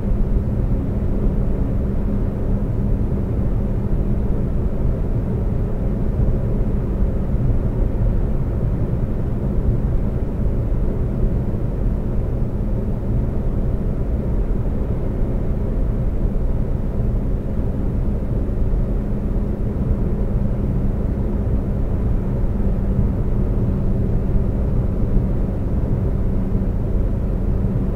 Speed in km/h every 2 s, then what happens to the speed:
130, 130, 130, 130, 130, 130, 130, 130, 132, 132, 132, 132, 132, 132.
0-28 steady at about 130.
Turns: none.